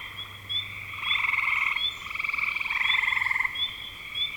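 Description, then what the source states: Frogs produce two loud rattling trills in the middle, with soft background calling and quick rising chirps before and after. Recorded in spring 2025.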